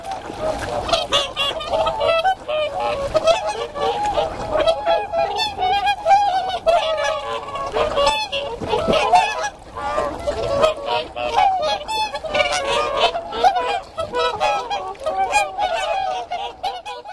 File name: whooper swan